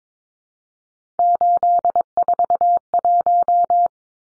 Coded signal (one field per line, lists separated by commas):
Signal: Morse code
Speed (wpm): 22 wpm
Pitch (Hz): 700 Hz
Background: none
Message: 841